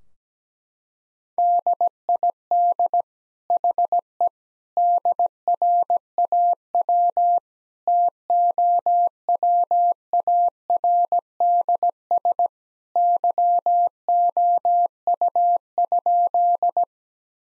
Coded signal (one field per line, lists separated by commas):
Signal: Morse code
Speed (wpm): 17 wpm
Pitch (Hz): 700 Hz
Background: none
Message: DID HE DRAW TOWARDS YOU?